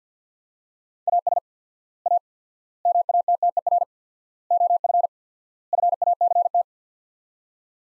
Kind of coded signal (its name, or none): Morse code